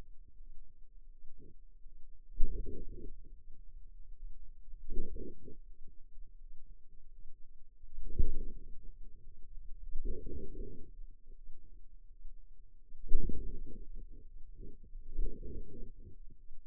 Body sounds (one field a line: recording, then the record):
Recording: forearm muscle sounds (acoustic myography)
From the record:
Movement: wrist extension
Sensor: system 2, bracelet of six BSWA MPA416 microphones around the upper forearm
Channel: 2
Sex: female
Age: 23 years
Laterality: right